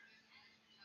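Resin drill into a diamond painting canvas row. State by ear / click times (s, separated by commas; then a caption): not seated / none. A small resin drill is being handled over the adhesive diamond painting canvas, positioned for the row between a neighbouring drill and the border to keep the row straight and lined up. Only a steady, faint hiss is heard, with no distinct transient. Nothing has seated or snapped into place yet.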